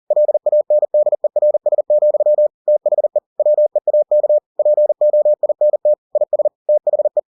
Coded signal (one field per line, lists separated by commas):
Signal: Morse code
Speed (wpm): 40 wpm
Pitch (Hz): 600 Hz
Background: none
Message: LANDERS, THE WEAK POINT IS THE